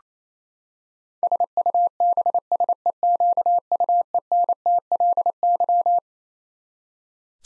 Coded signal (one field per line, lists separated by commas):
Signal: Morse code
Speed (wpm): 28 wpm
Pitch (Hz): 700 Hz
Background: none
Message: SUBSEQUENTLY